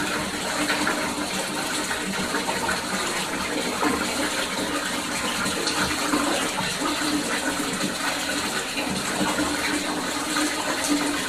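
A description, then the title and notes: Bath water runs steadily from a tap into a tub, a dense, even rush with no pauses or changes across the whole stretch. The sound is fairly bright, with a faint low rumble beneath the splashing hiss. Bath water recorded at Dorchminster Manor, Ditmas Park, Brooklyn, Spring 2009, by Dan Bodah.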